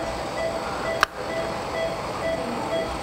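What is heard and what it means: A trial preformed metal crown is popped back off a prepared primary tooth after its try-in, giving a single sharp snap at 1.0 s over steady broadband background noise with faint tonal hums. The crown comes free, confirming the crown size is set.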